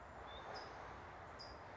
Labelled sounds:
California Towhee
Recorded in Sonoma County, California

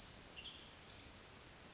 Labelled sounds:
Western Tanager
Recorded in Sonoma County, California

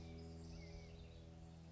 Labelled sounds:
House Wren
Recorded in Sonoma County, California

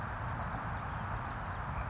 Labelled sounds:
California Towhee
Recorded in Sonoma County, California

